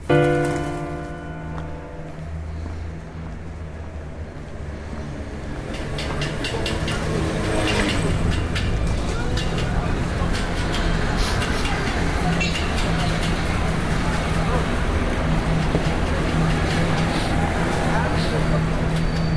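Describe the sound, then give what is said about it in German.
Busy city traffic fills Piazza Garibaldi, the large square with construction fences in front of Naples' main railway station: a steady, dense roar of engines and tires swells after the first few seconds, with a droning motor hum at the start and indistinct voices mixed in. “Mit dem Bus in knapp einer Viertelstunde vom Flughafen zur riesigen, von unübersehbaren Bauzäunen und leidenschaftlichem Verkehrstumult geprägten Piazza Garibaldi gekommen, die sich vor Neapels Hauptbahnhof bäumt.”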